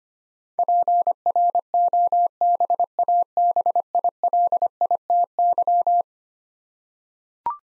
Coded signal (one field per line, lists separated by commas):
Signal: Morse code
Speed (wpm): 25 wpm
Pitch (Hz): 700 Hz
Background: none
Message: PROBABILITY